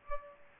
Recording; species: mosquito wingbeat signal from an infrared sensor; Culex pipiens